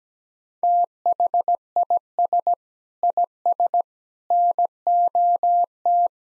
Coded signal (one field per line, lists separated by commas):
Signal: Morse code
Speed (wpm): 17 wpm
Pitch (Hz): 700 Hz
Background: none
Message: THIS IS NOT